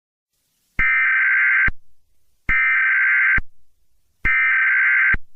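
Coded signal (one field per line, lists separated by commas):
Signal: Emergency Alert System (SAME) tones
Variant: header bursts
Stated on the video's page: Fictional EAS scenario with valid tones.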